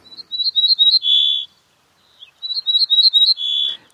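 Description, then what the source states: Ortolan Bunting song: a run of high, clear notes ending in a lower drawn-out note, given twice; otherwise quiet. Male; French dialect of the song, recorded at Nîmes, France, a few hundred kilometres from the Spanish birds across the Pyrenees; song rendered 'tui, tui, tui'.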